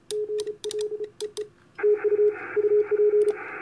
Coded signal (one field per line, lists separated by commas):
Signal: Morse code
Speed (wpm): 32 wpm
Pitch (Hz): 420 Hz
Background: radio noise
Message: GLEE TU UP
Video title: EI2KC works J38XX on 10 metres cw and Antron 99